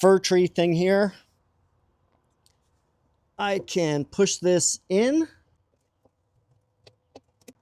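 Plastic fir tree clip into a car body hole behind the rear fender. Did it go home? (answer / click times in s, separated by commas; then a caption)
yes / 7.5 s. A plastic fir tree trim clip holding the sealed rear bumper wiring of a Fisker Ocean is pushed into its hole in the car body behind the rear fender, and it seats with a sharp snap at 7.5 s. Someone talks at the start and again in the middle. A few faint, short ticks follow the speech before the final, strongest click.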